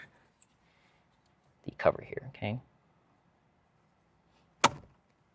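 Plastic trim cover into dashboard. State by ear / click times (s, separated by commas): seated / 4.7 s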